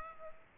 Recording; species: mosquito wingbeat signal from an infrared sensor; Aedes aegypti